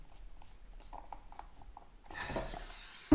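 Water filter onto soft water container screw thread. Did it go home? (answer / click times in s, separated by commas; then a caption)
no / none. A screw-on water filter is threaded onto the thin plastic neck of a soft water container, with small handling ticks from about 1.0 to 1.8 s, a broad rushing noise from about 2.1 s, and a sharp louder burst near 3.1 s. The neck deforms, the filter goes on crooked and cross-threads, so the joint leaks. Nothing has seated or clicked.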